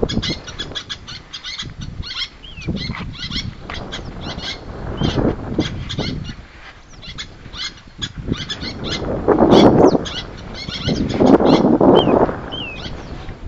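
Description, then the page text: Little tern calling: grating, rapid kik notes in uneven bursts, with curling high whistled notes and two swelling lower-pitched noisy patches later on. "Albert Lastukhin - Малая крачка (Sterna albifrons)"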